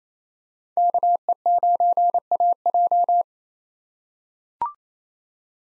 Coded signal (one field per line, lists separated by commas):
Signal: Morse code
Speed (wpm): 27 wpm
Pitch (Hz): 700 Hz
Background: none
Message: KE9AJ